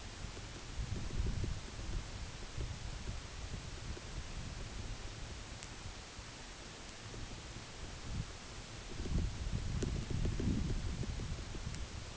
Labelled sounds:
none
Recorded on Arctic tundra, site UTQI-8, on 14 June 2019
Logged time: 10:00

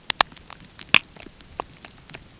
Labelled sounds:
none
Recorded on Arctic tundra, site UTQI-5, on 13 June 2019
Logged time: 06:00

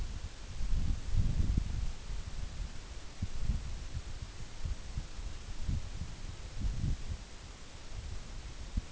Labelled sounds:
none
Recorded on Arctic tundra, site NAIT-1, on 24 June 2019
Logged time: 14:00

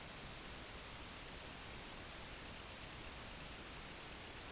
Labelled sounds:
Semipalmated Sandpiper (Calidris pusilla)
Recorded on Arctic tundra, site IGLO-D, on 16 June 2018
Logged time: 12:00

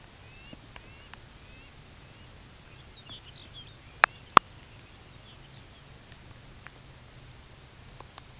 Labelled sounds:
unidentified sound, Lapland Longspur (Calcarius lapponicus)
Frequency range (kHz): Lapland Longspur (Calcarius lapponicus) 2.0-5.3 kHz
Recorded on Arctic tundra, site UTQI-5, on 13 June 2019
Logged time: 16:00

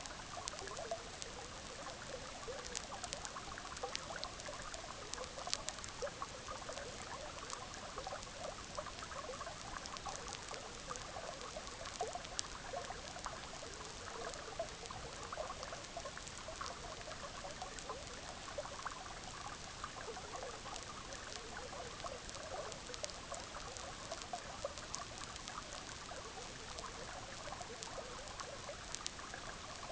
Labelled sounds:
none
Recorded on Arctic tundra, site EABA-MC, on 18 June 2019
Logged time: 06:00

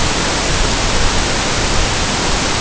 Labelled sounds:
none
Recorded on Arctic tundra, site NAIT-1, on 23 June 2018
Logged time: 19:00

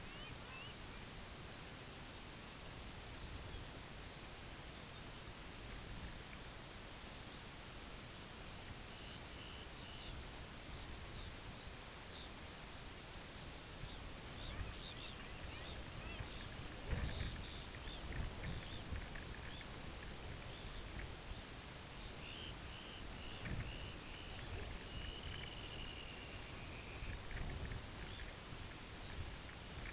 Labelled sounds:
unidentified sound, Dunlin (Calidris alpina)
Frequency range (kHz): Dunlin (Calidris alpina) 1.7-3.9 kHz
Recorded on Arctic tundra, site UTQI-5, on 16 June 2019
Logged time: 12:00

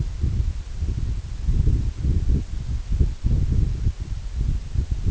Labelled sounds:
none
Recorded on Arctic tundra, site EABA-1, on 24 June 2018
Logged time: 10:00

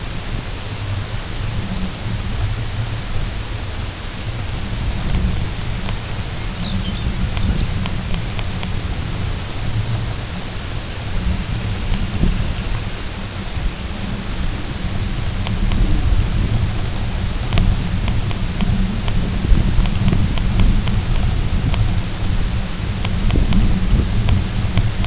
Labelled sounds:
unidentified sound, Semipalmated Sandpiper (Calidris pusilla)
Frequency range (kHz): Semipalmated Sandpiper (Calidris pusilla) 2.1-3.3 kHz
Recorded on Arctic tundra, site UTQI-0, on 20 June 2018
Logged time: 14:00

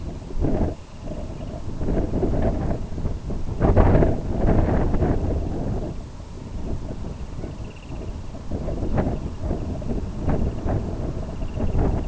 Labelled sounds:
Semipalmated Sandpiper (Calidris pusilla), unidentified sound
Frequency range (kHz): Semipalmated Sandpiper (Calidris pusilla) 1.8-3.7 kHz
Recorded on Arctic tundra, site IGLO-B, on 27 June 2018
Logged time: 03:59

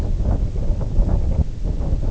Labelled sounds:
none
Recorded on Arctic tundra, site IGLO-D, on 20 June 2018
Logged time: 16:00

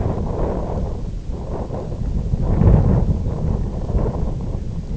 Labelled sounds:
none
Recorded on Arctic tundra, site IGLO-F, on 18 June 2018
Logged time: 22:00

